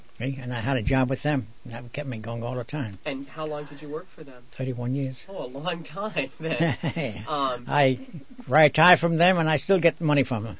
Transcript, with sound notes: and I had a job with them and that kept me going all the time.
And how long did you work for them?
Thirty one years.
Oh, a long time.
Yeah. (he laughs) I retired from them and I still get money from them.